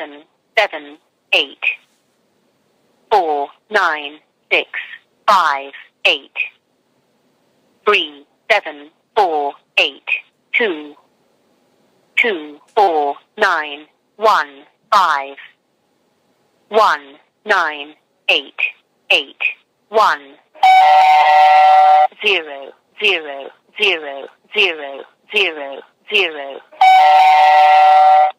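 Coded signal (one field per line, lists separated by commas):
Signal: numbers station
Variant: E03 Lincolnshire Poacher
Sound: synthetic voice reading digits in evenly spaced groups, then steady sustained tones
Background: telephone line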